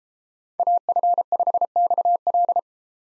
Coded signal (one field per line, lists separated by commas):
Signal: Morse code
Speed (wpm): 34 wpm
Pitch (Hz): 700 Hz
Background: none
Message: AF5XL